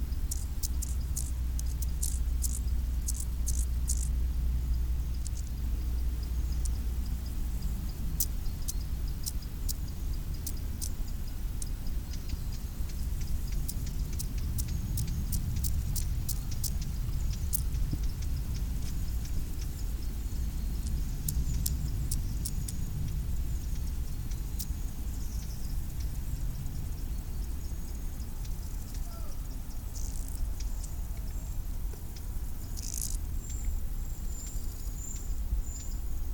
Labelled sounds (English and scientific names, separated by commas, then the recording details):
Lesser Marsh Grasshopper (Chorthippus albomarginatus) stridulation
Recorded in the wild
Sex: pair
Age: imago
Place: Hakenfelde, Spandauer Forst, Berlin, DE
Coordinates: 52.58, 13.17
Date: 1996-08-18 17:03
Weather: sonnig, 24°C
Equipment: Sony MD-WM MZ-R3, Sennheiser ME 80, Kopie Uher 4000 Report Monitor
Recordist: Tembrock, Günter
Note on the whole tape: C.a.(?): Männchen am Weibchen, zweites Männchen in der Nähe, Kurzlaute (Rivalenlaute?), dann einzelnes Männchen Spontanlaute